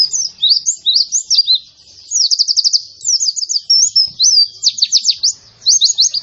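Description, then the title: White-eye song mixing looping whistled notes with fast trilled chirp series, very high and lively, in quick successive phrases. Young bird, described as in full, vigorous song. "Pleci Gacor. Anakan Pleci Iblis"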